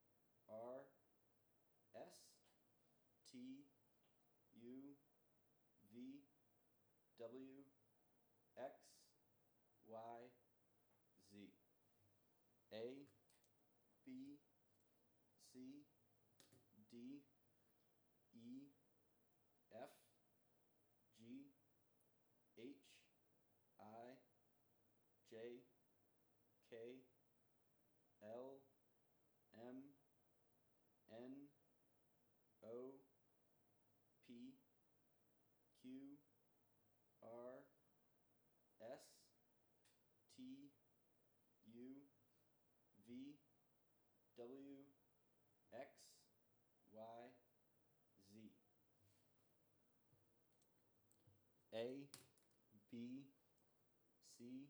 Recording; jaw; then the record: letters of the alphabet, spoken; free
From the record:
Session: first day, before the bite bar